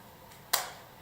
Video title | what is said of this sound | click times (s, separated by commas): P5120022 | can see I'm going to twist this one until you hear the click sound and | 0.5 s